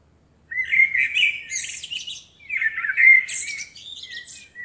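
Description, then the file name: Common blackbird song made of two warbled phrases, each a low fluty start followed by a squeaky high twitter, then trailing soft notes. "Turdus merula"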